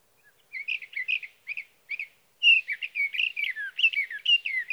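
Sage thrasher song: short warbled bursts with gaps, followed by a sustained rush of mixed slurred whistles and chattering notes.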